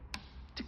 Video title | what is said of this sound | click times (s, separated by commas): LAP AIR BIKE montaj video air bike | diye tık sesini duyun. Tamam mı? | 0.1 s